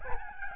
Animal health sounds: mosquito wingbeat signal from an infrared sensor; Aedes albopictus

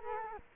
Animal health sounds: mosquito wingbeat signal from an infrared sensor; Culex quinquefasciatus

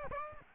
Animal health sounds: mosquito wingbeat signal from an infrared sensor; Aedes aegypti

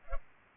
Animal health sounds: mosquito wingbeat signal from an infrared sensor; Culex pipiens

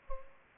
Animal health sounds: mosquito wingbeat signal from an infrared sensor; Culex pipiens

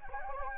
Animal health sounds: mosquito wingbeat signal from an infrared sensor; Anopheles gambiae

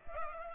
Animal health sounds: mosquito wingbeat signal from an infrared sensor; Culex pipiens

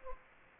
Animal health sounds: mosquito wingbeat signal from an infrared sensor; Anopheles gambiae

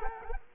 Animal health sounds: mosquito wingbeat signal from an infrared sensor; Culex quinquefasciatus

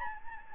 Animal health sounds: mosquito wingbeat signal from an infrared sensor; Anopheles gambiae

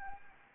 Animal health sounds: mosquito wingbeat signal from an infrared sensor; Anopheles gambiae

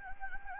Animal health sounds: mosquito wingbeat signal from an infrared sensor; Anopheles gambiae

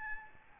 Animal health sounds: mosquito wingbeat signal from an infrared sensor; Aedes albopictus

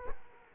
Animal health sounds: mosquito wingbeat signal from an infrared sensor; Culex quinquefasciatus

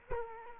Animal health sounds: mosquito wingbeat signal from an infrared sensor; Culex quinquefasciatus

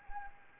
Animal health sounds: mosquito wingbeat signal from an infrared sensor; Anopheles arabiensis

